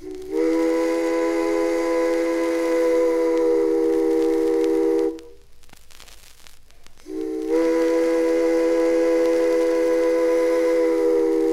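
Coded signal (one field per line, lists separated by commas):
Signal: train horn signal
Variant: steam locomotive whistle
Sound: two long steam whistle blasts with a pause, the second cut off at the end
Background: steam hiss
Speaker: flag men may return from west or south and number 12 flagmen may return from eastern north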